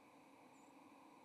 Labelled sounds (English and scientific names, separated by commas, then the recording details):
White-throated Sparrow (Zonotrichia albicollis) flight call
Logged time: 07:22 on 30 October 2014